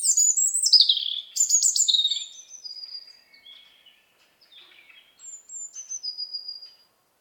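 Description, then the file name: European robin song in several bursts: bright descending twittery phrases, then quieter high drawn-out whistles and a soft scratchy warble, over an otherwise silent background. "Erithacus rubecula"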